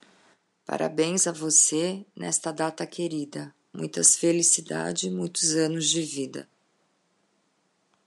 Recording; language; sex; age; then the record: short text; Brazilian Portuguese; female; 50 to 59 years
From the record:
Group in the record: control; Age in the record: 54 years